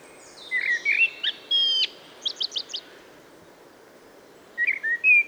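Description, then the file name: Common blackbird giving a warbled whistled phrase that trails into thin squeaky twitters, then starts a new fluted phrase after a pause. "Turdus merula"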